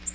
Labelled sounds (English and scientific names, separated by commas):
Nashville Warbler (Leiothlypis ruficapilla) flight call